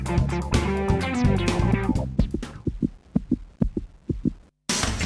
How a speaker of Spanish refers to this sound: Cuando arrimás la oreja a La Colectiva, vas a escuchar Latidos. La Colectiva, puro corazón radiofónico.